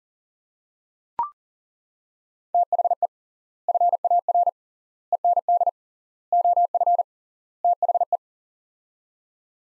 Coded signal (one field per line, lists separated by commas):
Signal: Morse code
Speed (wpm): 40 wpm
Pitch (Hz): 700 Hz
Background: none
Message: THE FAR END OF THE